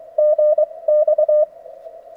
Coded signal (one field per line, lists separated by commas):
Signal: Morse code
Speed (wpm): 22 wpm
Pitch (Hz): 560 Hz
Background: none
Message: GX